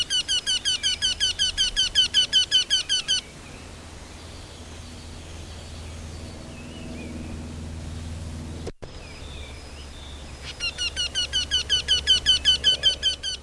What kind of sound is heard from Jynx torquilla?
song